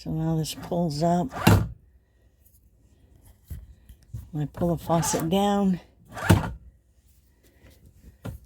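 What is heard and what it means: Someone talks while handling the pull-down sprayer head on a new kitchen faucet, pulling it out so the weight of the hose can draw it back into the metal spout. Between the talking there are a few brief knocks and handling sounds, the loudest around 6.3 s. The clip ends before the sprayer head goes home, so nothing has seated or clicked yet.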